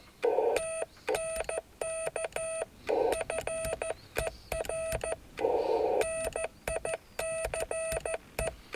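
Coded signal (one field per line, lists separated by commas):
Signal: Morse code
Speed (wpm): 14 wpm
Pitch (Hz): 650 Hz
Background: none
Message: TNK FER NICE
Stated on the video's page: CW DX QSO on 28 MHz from a mobile station on a mountain ridge, sent by a learning operator.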